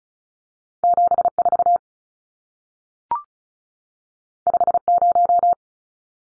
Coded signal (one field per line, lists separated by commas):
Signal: Morse code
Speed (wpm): 36 wpm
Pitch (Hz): 700 Hz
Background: none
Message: 74 50